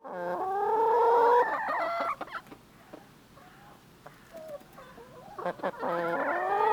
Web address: chicken clucking